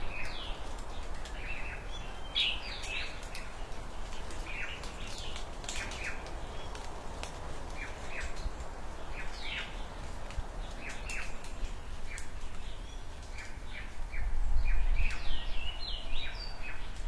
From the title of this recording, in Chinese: 实录早上屋前鸟叫村里鹅叫